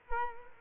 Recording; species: mosquito wingbeat signal from an infrared sensor; Culex quinquefasciatus